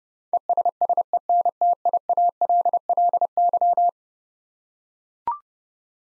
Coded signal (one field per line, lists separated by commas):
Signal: Morse code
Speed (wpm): 32 wpm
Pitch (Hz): 700 Hz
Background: none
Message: ESSENTIALLY